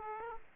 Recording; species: mosquito wingbeat signal from an infrared sensor; Aedes aegypti